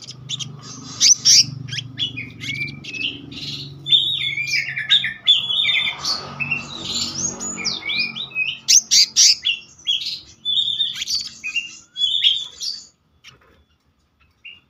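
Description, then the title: Selendang biru songbird giving rapid, varied chattering song of sharp high notes and whistled slides, loud bursts in quick series, ending in near silence, over a low background hum. Singing in the continuous rolling style called gacor ngeroll, with isian (fill-in phrases). "BURUNG SELENDANG BIRU GACOR NGEROLL ISIAN"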